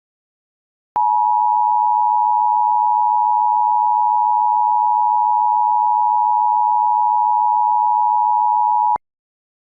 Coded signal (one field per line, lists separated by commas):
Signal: Emergency Alert System (SAME) tones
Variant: 853 and 960 Hz attention tone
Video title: EAS Scenario 5: Winter wrath